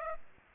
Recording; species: mosquito wingbeat signal from an infrared sensor; Culex pipiens